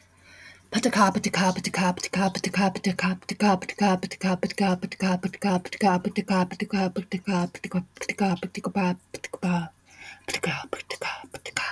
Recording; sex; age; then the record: repeated syllables /pa ta ka/; female; 20 to 29 years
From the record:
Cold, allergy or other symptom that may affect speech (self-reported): no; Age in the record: 24 years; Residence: Arkansas, United States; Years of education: 13